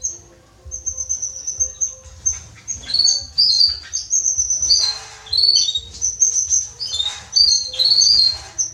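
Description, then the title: Belgian canary song, high whistled notes and quick chirps in varied short phrases. Male Belgian canary singing a lot, used to warm up young birds in thirty minutes, for song training. "Esquente Seu Filhote E Canario Belga Em 30 Minutos Macho Cantando Muito"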